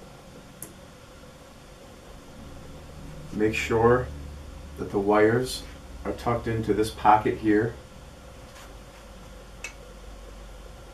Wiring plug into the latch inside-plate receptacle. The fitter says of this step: hear a click noise verifying that is in make